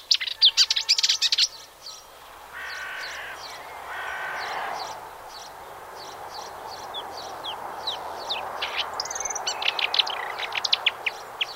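Icterine warbler song, a loud burst of sharp chirps, then harsh, buzzy nasal phrases and a long run of quick, varied high notes growing louder toward the end.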